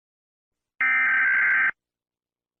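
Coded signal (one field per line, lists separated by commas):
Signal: Emergency Alert System (SAME) tones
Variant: header bursts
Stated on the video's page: Fictional EAS scenario.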